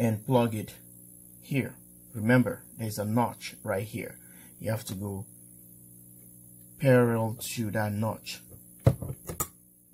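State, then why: Seated. A network communication cable plug is lined up parallel to the notch and pushed into the port on an OutBack Power MATE3s system display and controller while someone talks. A sharp click at 8.9 s shows the connector is seated, and a smaller tick follows at 9.3 s.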